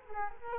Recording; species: mosquito wingbeat signal from an infrared sensor; Culex quinquefasciatus